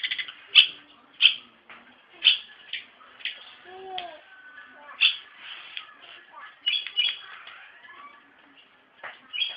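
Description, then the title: Bird song: sharp high chirps at irregular intervals, separated by softer twitters and a few lower gliding notes. "Kicau Burung"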